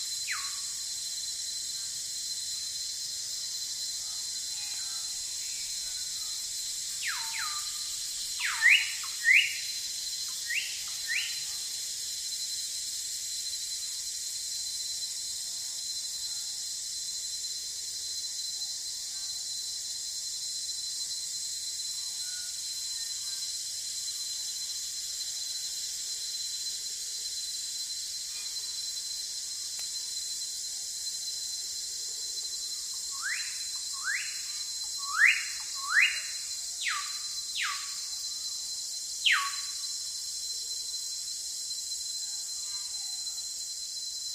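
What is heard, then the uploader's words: Forest sound with a steady high insect hiss throughout, broken by short clusters of quick descending bird chirps around 8–11 seconds and 33–40 seconds. Sound in the forest.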